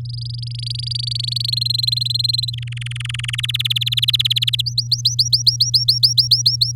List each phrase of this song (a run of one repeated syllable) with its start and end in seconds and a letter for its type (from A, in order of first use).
0.05-1.55 A, 1.56-2.50 B, 2.53-3.40 C, 3.43-4.62 D, 4.66-6.72 E